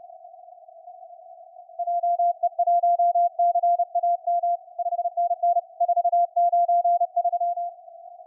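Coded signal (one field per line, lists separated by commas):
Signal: Morse code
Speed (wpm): 28 wpm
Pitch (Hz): 700 Hz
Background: none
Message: JE1CAM 5NN 493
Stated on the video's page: CW contacts in the WAE contest using a SunSDR2 DX transceiver.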